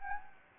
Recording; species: mosquito wingbeat signal from an infrared sensor; Anopheles gambiae